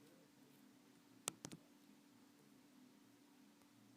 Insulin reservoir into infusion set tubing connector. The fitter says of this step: jamais forcer connecter le réservoir à la tubulure du cathéter jusqu'au clic